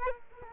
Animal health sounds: mosquito wingbeat signal from an infrared sensor; Culex quinquefasciatus

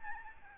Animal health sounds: mosquito wingbeat signal from an infrared sensor; Aedes albopictus

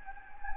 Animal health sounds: mosquito wingbeat signal from an infrared sensor; Anopheles gambiae

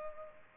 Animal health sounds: mosquito wingbeat signal from an infrared sensor; Culex pipiens

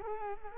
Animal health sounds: mosquito wingbeat signal from an infrared sensor; Culex quinquefasciatus

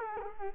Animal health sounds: mosquito wingbeat signal from an infrared sensor; Culex quinquefasciatus

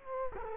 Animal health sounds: mosquito wingbeat signal from an infrared sensor; Culex quinquefasciatus

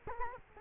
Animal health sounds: mosquito wingbeat signal from an infrared sensor; Culex quinquefasciatus

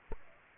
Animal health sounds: mosquito wingbeat signal from an infrared sensor; Aedes aegypti

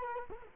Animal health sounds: mosquito wingbeat signal from an infrared sensor; Culex quinquefasciatus

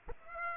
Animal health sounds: mosquito wingbeat signal from an infrared sensor; Aedes aegypti

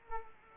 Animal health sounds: mosquito wingbeat signal from an infrared sensor; Culex quinquefasciatus

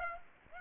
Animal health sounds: mosquito wingbeat signal from an infrared sensor; Aedes aegypti

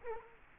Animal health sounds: mosquito wingbeat signal from an infrared sensor; Culex quinquefasciatus

